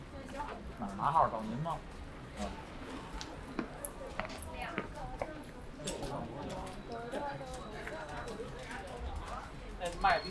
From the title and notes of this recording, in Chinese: 去香饵胡同吃小面｜城市声音。下午。